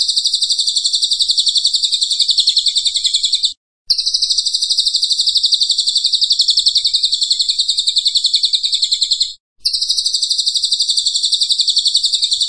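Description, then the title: Pygmy bushtit song: a long, rapid, high-pitched trill with a buzzy, pulsing texture, broken by two short silent gaps. Training (masteran) recording of a Cililin singing persistently (gacor). "Cililin AMPUH"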